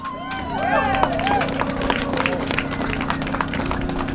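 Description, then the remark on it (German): A crowd applauds steadily, with dense, continuous clapping that holds at an even loudness throughout. A few voices call out over it, and a low hum runs underneath. “Applaus.”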